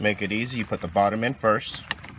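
A plastic trim cover is being fitted into the door panel of a 2007-2013 GM truck or SUV during a door lock actuator motor replacement, bottom first, while someone talks. Near the end there are brief handling taps around 2.0 and 2.1 seconds, but the cover has not yet snapped or seated.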